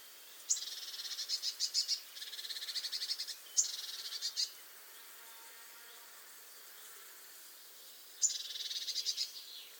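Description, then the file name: Eurasian blue tit scolding with harsh churring rattles: several bursts of fast, buzzy high notes in the first five seconds, a quiet gap, then another burst near the end. "Cyanistes caeruleus"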